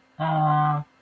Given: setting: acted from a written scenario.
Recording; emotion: vocal sound without words; adoration